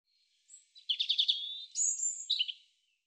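European robin song: a thin high note, a quick stuttered trill, a sustained whistle, a high whistle and a short closing flourish.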